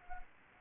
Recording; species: mosquito wingbeat signal from an infrared sensor; Anopheles gambiae